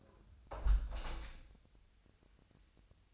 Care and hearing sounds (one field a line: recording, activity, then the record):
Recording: daily activity, microphone in the room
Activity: close window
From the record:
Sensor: 2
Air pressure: 1014.8 hPa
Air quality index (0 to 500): 78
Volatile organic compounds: 2 ppm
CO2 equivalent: 1029 ppm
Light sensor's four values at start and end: 8/19/8/8 and 8/19/8/8